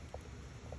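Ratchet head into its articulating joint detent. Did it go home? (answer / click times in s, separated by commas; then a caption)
no / none. The metal head of an articulating ratchet is handled: its release button is pressed and the head is swung toward a locking angle such as 45 degrees in its joint. Against a steady noisy background, faint short knocks are heard near 0.1 s and 0.7 s. Nothing has seated or clicked yet.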